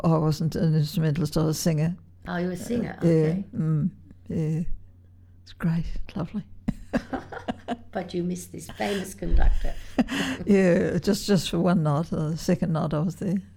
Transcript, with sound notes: I wasn’t an instrumentalist, I was a singer.
Oh you were a singer? Okay.
Yeah, yeah, it was great, lovely [laughs]
But you missed this famous conductor?
Yeah, just for one night; the second night I was there,